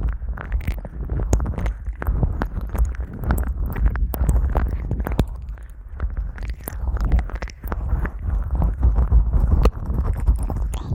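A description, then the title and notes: Fast ear licking, a dense run of wet clicks and smacks with no pauses. The sounds are mostly low and muffled, with a steady deep rumble underneath and sharper bright snaps popping out every second or so, strongest around 5 and 9.5 seconds. ASMR Ear Licking Fast.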